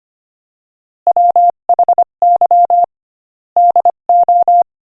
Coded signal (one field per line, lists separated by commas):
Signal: Morse code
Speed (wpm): 24 wpm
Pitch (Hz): 700 Hz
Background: none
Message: WHY DO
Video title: Morse Code Practice: 25 wpm Joke #21